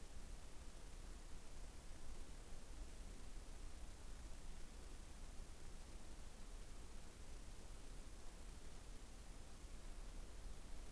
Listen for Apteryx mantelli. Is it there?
no